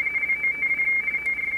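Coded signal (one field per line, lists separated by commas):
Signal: RTTY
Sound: fast warbling two-tone chatter, steadily alternating between two close high pitches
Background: radio static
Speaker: so you can hear it there in the speaker i'm on 20 meters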